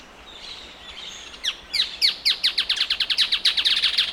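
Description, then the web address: Striated softtail song: a quick burst of sharp, downslurred high notes that begins after a short quiet pause and continues as a steady series. Male. "sound Striated-softtail. دانلود-صدای-پرنده-نر-دم-راه-راه"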